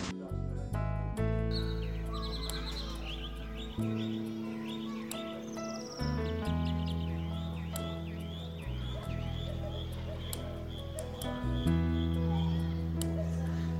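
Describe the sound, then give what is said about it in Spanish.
Short, high-pitched bird chirps repeat on and off over a loud, steady low humming tone that fills the whole stretch. “hasta los pájaros nos acompañan.”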